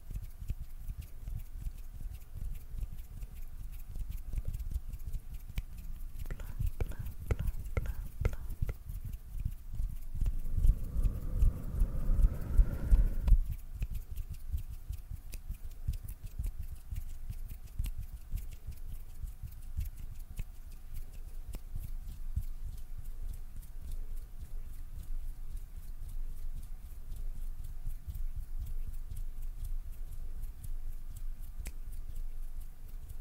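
Soft mouth sounds and hand sounds: a steady bed of faint clicks and small wet taps runs throughout. Around six to nine seconds a quick series of sharp clicks stands out, and from about ten to thirteen seconds a louder low rustling swell rises, then settles back.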